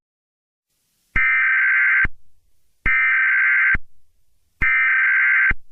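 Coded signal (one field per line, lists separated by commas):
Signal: Emergency Alert System (SAME) tones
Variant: header bursts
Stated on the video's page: Fictional EAS scenario alert.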